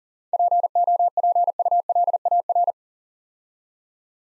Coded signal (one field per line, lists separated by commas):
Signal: Morse code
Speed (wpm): 40 wpm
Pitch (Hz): 700 Hz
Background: none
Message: POPULAR